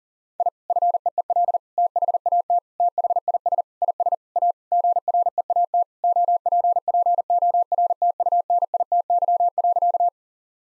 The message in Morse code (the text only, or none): I FEEL THAT THIS IS A GREAT OPPORTUNITY.